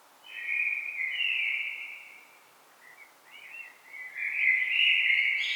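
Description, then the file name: Common blackbird song: a long mellow whistled phrase, a few soft broken notes, then another full warble rising into squeaky high twitters. "Turdus merula"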